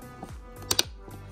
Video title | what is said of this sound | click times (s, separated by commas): BRITAX TRAVEL CART REVIEW - HOW TO FLY WITH CARSEATS - BABY GEAR - MOM HACKS - SUMMER WINTER MOM | and that's the loud clicking noise that you'll hear when you close it | 0.7 s, 0.8 s